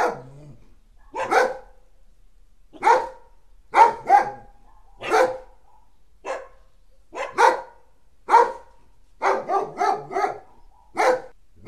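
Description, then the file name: Dog barking in short single and double woofs at irregular intervals, several quick barks bunched near the end, quiet gaps between. "sobaka"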